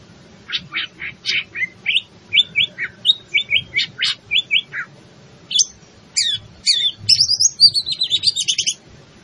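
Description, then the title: Greater green leafbird song: a steady string of sharp notes, then quicker, twittering high phrases with rising and falling slurs. In full song, locally called gacor. "Cucak Ijo Gacor"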